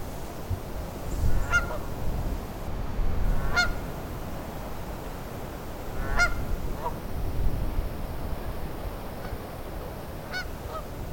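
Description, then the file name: Canada goose honks, a few spaced harmonic calls over a continuous low background rumble. "Tamarac Whispers Canada Goose"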